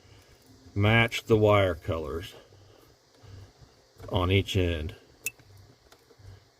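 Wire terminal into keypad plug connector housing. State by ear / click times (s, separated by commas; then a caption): seated / 5.3 s. A wire terminal is pushed into the plastic plug connector housing of a keypad being added for factory-installed keyless entry on an OBS Ford truck or Bronco, with the wire colours matched on each end. Someone talks, then after a pause a sharp click at 5.3 s shows the terminal seating home in the connector.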